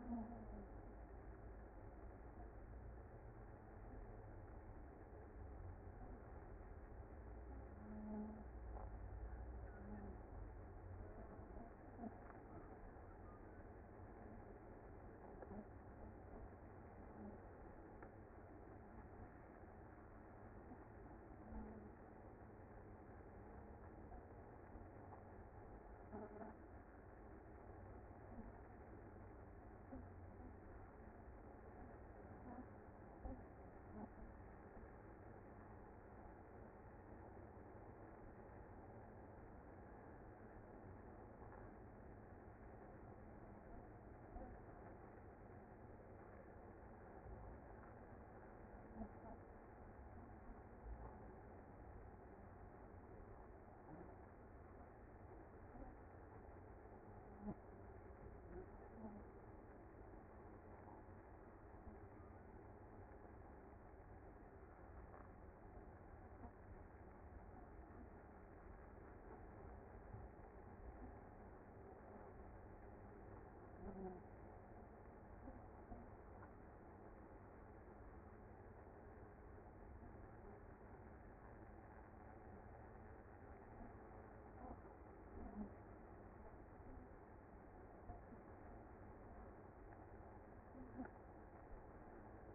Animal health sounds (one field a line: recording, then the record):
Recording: honeybee colony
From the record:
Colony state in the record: active